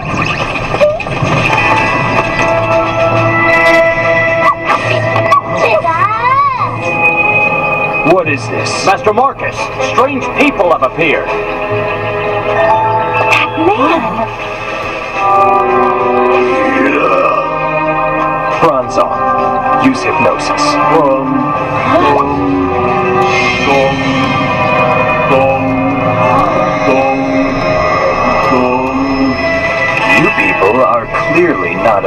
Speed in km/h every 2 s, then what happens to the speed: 78, 64, 49, 33, 6, 0, 1, 0, 1, 0, 9, 21, 32, 32, 40, 35.
0-9 brakes to 0. 9-18 standing. 18-28 pulls away to 40.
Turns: 19-24.